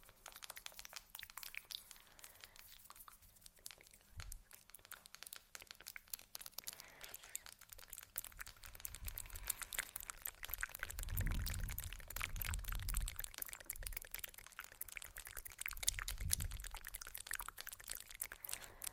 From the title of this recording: Layered Sounds (Sleepy Mouth Sounds, Face Touching, Tapping)